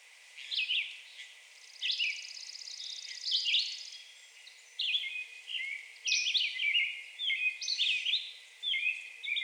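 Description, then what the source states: Red-eyed Vireo song, a run of short slurred whistled phrases, with a fast high trill faintly in the background. Recorded on 2 June 2020.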